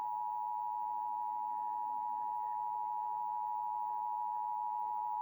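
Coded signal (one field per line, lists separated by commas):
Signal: Emergency Alert System (SAME) tones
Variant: 853 and 960 Hz attention tone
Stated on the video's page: Required monthly test aired on a TV station and recorded from a DVR.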